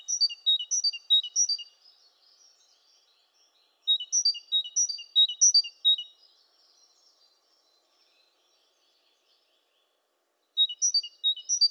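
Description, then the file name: Great tit calls in quick bursts of high chirping notes, each burst about two seconds long, with a pause of several seconds between them. "Parus major"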